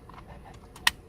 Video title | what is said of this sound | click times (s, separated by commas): 4" to 8" Factory SYNC 3 Upgrade Conversion - 2018+ Ford Expedition | clips facing down push them in till they click into place these | 0.9 s